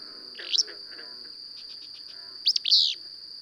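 Bird chirps, a single swept note followed two seconds later by a loud burst of three slurred notes, over a continuous high-pitched whine.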